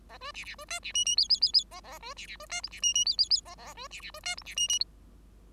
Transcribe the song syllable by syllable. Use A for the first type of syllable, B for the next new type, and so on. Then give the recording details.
A B C C B D C E E F F F F A A B C C B D G C E E F F F A A B C C B D G C E E. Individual Bird5